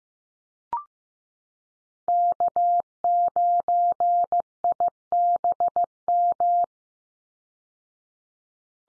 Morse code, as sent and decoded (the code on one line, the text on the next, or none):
-.- ----. .. -... --
K9IBM